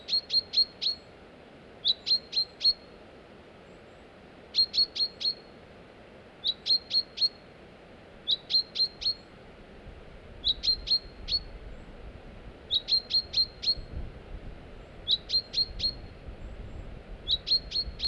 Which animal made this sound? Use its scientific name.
Fringilla coelebs